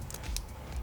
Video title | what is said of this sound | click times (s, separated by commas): No Dollar Wasted PC Build Guide | snap it together, | 0.4 s